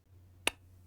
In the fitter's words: right? A little click and it pops off, right?